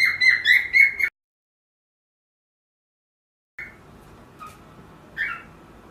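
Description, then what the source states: Cockatiel chirps: a quick run of bright notes, then silence, followed by a few sparse, quieter chirps over a faint background hiss. Pearl cockatiel.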